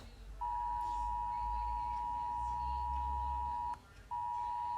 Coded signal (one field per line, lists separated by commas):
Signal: Emergency Alert System (SAME) tones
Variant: 853 and 960 Hz attention tone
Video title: Part2 of Rating eas alarms ‼️